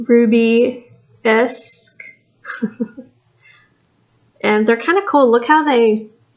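Someone talks while handling a pair of hoop-style earrings, getting ready to fold the hinged post down into its catch. Only speech is heard. The hinged post has not yet clicked shut into the catch, and nothing has seated.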